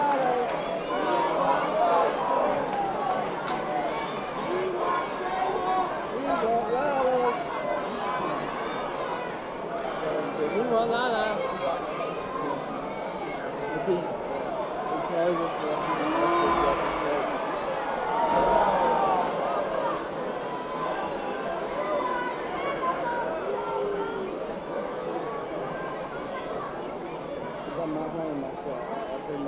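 A large crowd of people chants and shouts at a wrestling event, a dense steady wall of overlapping voices lasting the whole time. Individual yells and rising cheers poke out now and then, especially around the middle, while the overall loudness stays fairly even.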